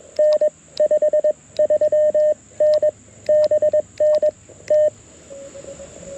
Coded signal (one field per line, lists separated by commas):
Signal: Morse code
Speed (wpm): 21 wpm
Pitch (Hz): 610 Hz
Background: radio noise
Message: N 5 3 N BN T